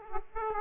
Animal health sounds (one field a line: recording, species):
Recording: mosquito wingbeat signal from an infrared sensor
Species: Aedes aegypti